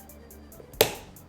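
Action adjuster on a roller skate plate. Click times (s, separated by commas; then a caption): 0.8 s. The action adjuster on a roller skate plate is turned clockwise to tighten it. Faint, evenly spaced ticks come before one loud, sharp click at 0.8 s, and another faint tick follows. With that click, the adjuster seats into its setting.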